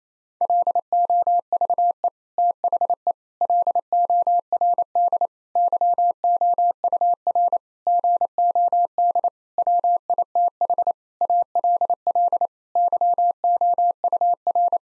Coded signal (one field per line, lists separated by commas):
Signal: Morse code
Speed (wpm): 28 wpm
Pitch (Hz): 700 Hz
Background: none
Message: LOVE THE LORD YOUR GOD WITH ALL YOUR